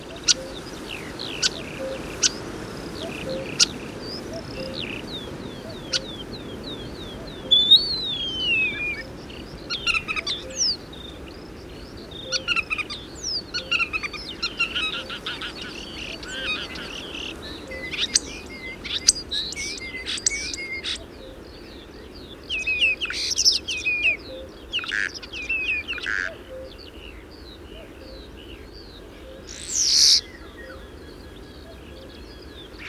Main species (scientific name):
Sturnus vulgaris